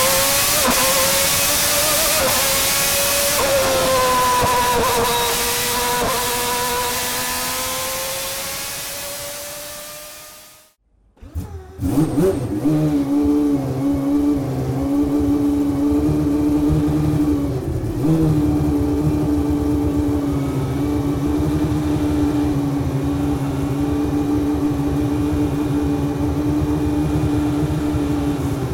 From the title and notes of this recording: Ayrton Senna’s 1991 McLaren MP4-6 Honda V12 In-Car Audio at Sonoma 2023. Climb into the engine bay of Ayrton Senna's F1 world championship-winning 1991 McLaren MP4/6-Honda V12 driven by his countryman and Indy 500 winner Tony Kanaan during the 2023 edition of Velocity Invitational at Sonoma Raceway.